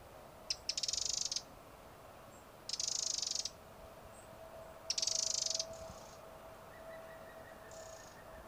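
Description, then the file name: Eurasian wren delivering three dry, churring rattles, each lasting under a second, separated by pauses, with a steady low hum beneath. "Troglodytes troglodytes"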